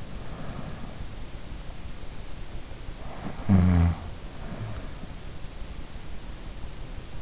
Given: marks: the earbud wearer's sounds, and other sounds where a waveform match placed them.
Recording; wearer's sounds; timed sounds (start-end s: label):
sounds in sleep by an in-ear microphone; breath, snoring breath
0.00-2.24 s: breath
2.95-5.35 s: snoring breath